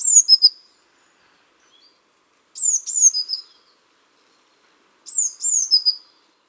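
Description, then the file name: Eurasian blue tit calling three times: thin high downslurred notes followed by a buzzy lower trill, about every two and a half seconds. "Cyanistes caeruleus"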